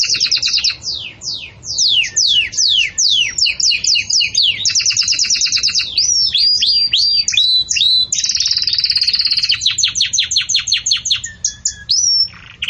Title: Belíssimo Canto Do Canário Belga Campainha Para Encarte De Filhotes